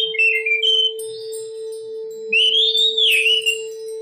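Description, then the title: Oriental magpie-robin song: clear whistled phrases separated by a pause, over a steady hum. Long-duration chirping. "Kicau Kacer Durasi Panjang 1jam Lebih"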